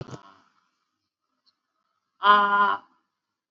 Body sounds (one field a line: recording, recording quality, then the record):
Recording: sustained vowel as in made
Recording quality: excellent, no background noise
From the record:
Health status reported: COVID-19 positive, moderate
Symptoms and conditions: cough, sore throat, fatigue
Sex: female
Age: 48 years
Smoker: not ticked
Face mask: not worn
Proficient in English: no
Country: India